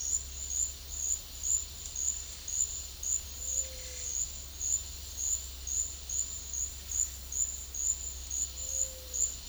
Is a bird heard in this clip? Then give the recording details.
yes. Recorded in pastures near Puerto Asís, Putumayo, Colombia, on 28 February 2025 at 13:00. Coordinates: 0.502, -76.324. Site GP07